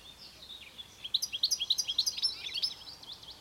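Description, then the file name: European goldfinch giving a rapid series of bright, liquid chirps and twitters, with faint hiss behind. "Carduelis carduelis"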